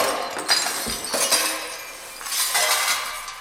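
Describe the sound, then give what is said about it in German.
Glass bottles on a dressing table shatter in a few bright, crashing bursts, each trailing off into sharp tinkling shards, with a last louder smash near the end. No voices. “10.40 Uhr, die Glasflaschen auf Nicolinens Toilettentisch.”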